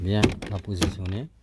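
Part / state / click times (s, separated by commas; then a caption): plastic trim strip into car door panel / not seated / none. A plastic trim strip with fragile clips is being lined up by hand against the door panel of a Seat Ibiza 6L while someone talks. Only the voice is heard through the clip, with no knock or snap from the trim. Nothing has seated or clicked yet; the strip is not yet home when the clip ends.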